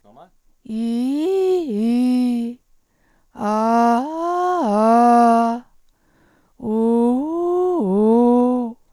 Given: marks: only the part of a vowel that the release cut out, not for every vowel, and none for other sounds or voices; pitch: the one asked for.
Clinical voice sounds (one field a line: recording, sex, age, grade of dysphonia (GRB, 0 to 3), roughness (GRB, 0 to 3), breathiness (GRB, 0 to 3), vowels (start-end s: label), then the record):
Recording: sustained vowels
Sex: female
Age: 50 to 59 years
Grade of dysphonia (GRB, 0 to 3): 2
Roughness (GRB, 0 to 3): 2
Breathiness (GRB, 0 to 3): 2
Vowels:
0.76-2.44 s: vowel /i/, low-high-low pitch
3.48-5.48 s: vowel /a/, low-high-low pitch
6.73-8.61 s: vowel /u/, low-high-low pitch
From the record:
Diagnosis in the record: recurrent laryngeal nerve paralysis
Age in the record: 56 years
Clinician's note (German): Kompensiert in Intermediärstellung, z.T. hyperfunkt. supraglott. Eineingung